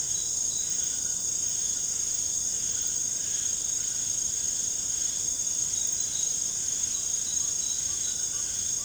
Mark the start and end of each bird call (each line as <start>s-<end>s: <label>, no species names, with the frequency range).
0.69s-8.84s: bird call (0.7-2.3 kHz)